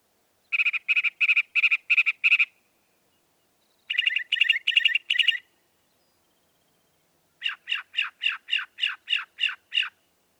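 Northern mockingbird song: a buzzy phrase repeated six times, a pause, a burst of four similar notes, then a fast series of down-slurred chirps, each pattern changing after silence.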